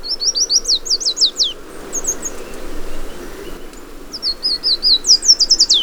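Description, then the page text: Yellow warbler giving two songs, each a rapid string of high, sweet slurred notes, with a few faint notes between. ""Los Colores que Cantan". "Canario de Mangle" "Yellow Warbler" Dendroica petechia"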